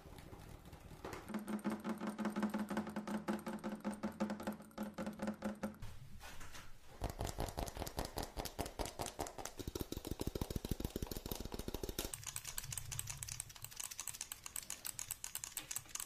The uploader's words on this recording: Fast Tapping Deluxe Edition [Binaural Eargasm].